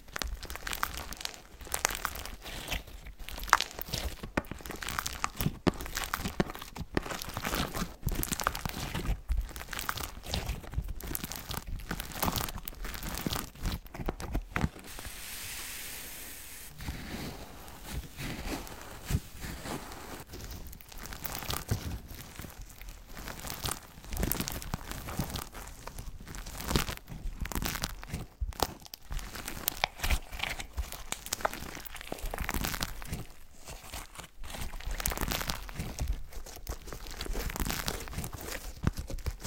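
A compilation of tapping, smearing, tearing and massage sounds, built from dense, rapid crinkly and scratchy strokes that run almost without pause. Around 15 to 17 seconds it softens into a smoother, quieter stretch before the busy crackling tapping returns.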